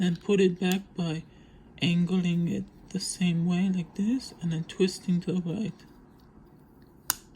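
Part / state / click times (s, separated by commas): protective lens cover onto action camera body / seated / 7.1 s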